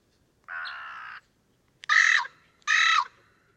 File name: Corvus corone